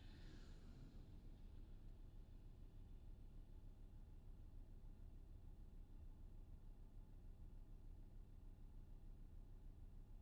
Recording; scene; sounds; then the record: everyday scene through a hearing-aid microphone; in a vehicle; engine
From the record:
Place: VW T5 Caravelle, diesel engine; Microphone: in the ear canal, left